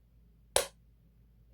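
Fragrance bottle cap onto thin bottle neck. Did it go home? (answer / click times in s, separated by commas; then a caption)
yes / 0.6 s. A fragrance cap is pressed onto a thin-necked perfume bottle to test whether it clicks. A single crisp, bright click sounds at 0.6 s, followed by a faint soft tick near 1.5 s. The cap clicks into place and is seated securely.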